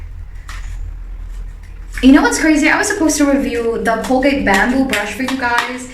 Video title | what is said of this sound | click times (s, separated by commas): Meridol Toothbrush Review -- part 1 of 3 | like a strip thing that you click open | 0.5 s